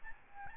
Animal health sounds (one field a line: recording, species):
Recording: mosquito wingbeat signal from an infrared sensor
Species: Aedes albopictus